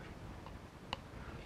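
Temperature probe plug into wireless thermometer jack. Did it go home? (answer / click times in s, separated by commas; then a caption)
yes / 0.9 s. A meat-probe plug is pushed all the way into the jack of a wireless thermometer base, since it must snap fully in or the thermometer will give false readings. A sharp, short snap at 0.9 s marks the plug seating in the jack, with fainter ticks around 0.5 s and 1.5 s. The probe plug is seated.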